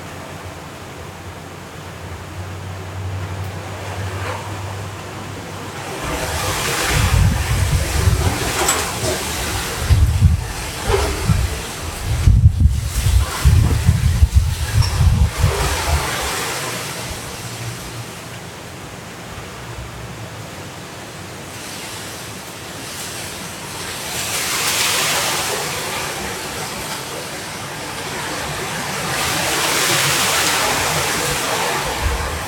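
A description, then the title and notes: Storm wind roars steadily through the night, with rain hissing across the high end. A strong low rumbling gust swells from about six seconds and peaks near thirteen to fifteen, then eases. Further surges return around twenty-five and thirty seconds. Hurricane Kay in Los Cabos at Midnight. The hurricane didn't hit the city, but we recorded the sound of the wind, rain and city.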